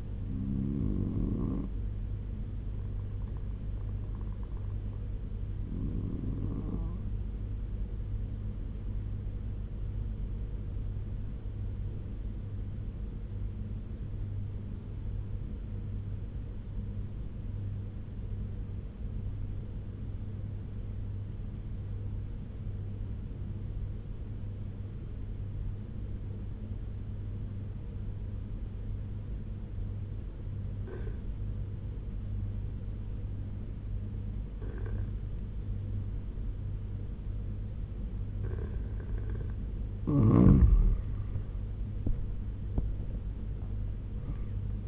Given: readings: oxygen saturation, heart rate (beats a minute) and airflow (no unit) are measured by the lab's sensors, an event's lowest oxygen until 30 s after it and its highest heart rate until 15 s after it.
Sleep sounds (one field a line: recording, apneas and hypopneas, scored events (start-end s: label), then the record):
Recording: breathing in sleep by a smartphone at the bedside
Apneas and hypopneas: 1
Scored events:
9.00-40.10 s: obstructive apnea (N1, oxygen 94% highest, then 84% lowest, heart rate 71 at the start, 89 highest)
12.00-44.88 s: new sleep stage, N2 (light sleep)
From the record:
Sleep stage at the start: N1 (lightest sleep)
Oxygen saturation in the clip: 88 to 96%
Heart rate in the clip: 70 to 86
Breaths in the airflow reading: 4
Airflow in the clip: -8.3 to 12.5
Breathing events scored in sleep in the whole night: 201 in 6.5 hours asleep